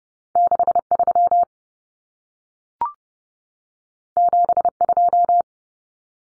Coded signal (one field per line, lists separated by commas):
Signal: Morse code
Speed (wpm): 30 wpm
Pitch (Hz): 700 Hz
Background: none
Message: 63 72